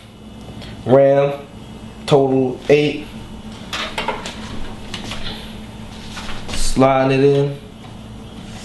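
A RAM module is handled and slid toward a motherboard memory slot while someone talks, with brief scraping and tapping handling sounds around 4.0, 4.3 and 4.9 seconds. The clip ends before the module goes home, so nothing has seated or clicked yet.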